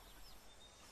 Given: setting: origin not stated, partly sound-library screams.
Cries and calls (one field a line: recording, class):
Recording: one-second piece from a danger detection set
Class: normal situation